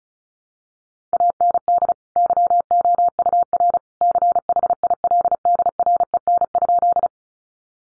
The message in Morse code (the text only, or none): AND YOUR CHILDREN?